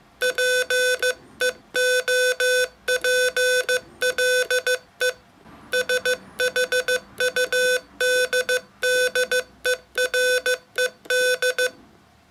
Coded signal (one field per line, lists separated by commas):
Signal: Morse code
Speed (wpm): 15 wpm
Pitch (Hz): 500 Hz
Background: none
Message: PEOPLE SHUDDERED